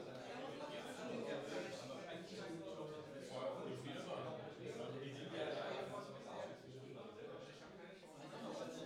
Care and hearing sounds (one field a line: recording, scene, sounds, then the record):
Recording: everyday scene through a hearing-aid microphone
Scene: many people talking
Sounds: many voices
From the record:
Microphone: in the ear canal, right